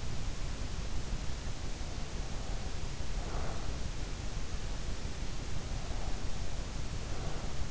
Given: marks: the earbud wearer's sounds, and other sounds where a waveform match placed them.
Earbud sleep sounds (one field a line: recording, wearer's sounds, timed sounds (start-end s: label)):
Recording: sounds in sleep by an in-ear microphone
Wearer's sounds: breath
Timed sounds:
2.08-3.94 s: breath
5.62-7.71 s: breath